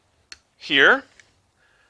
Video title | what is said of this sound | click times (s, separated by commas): The Barrett MRAD: First Shots and First Impressions Review | just kind of snaps in place again a nice little pull snap it you're closed | 0.3 s